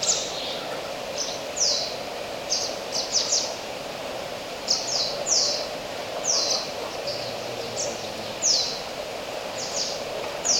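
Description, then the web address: Oilbird calls: short, sharp, high-pitched downward-sweeping bursts, often in pairs, repeated irregularly every second or so over a steady background hiss. "sound Oilbird. صدای-مرغ-روغنی"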